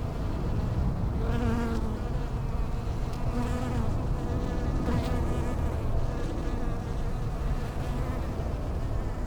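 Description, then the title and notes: Bees buzzing, hums coming and going over a steady low drone throughout. Bees in lavender in the palliative care service garden of Hôpital Brugmann, Brussels, Belgium, a peaceful spot apart from other hospital pavilions; recorded with Sony PCM-M10 internal microphones. "Hôpital Brugmann, Place Arthur Van Gehuchten, Bruxelles, Belgique - bees in the palliative care services garden. Bees in the lavender from the palliative care service's garden. Abeilles dans la lavande, jardin du service de soins palliatifs"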